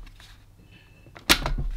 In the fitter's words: that's in it's locked into place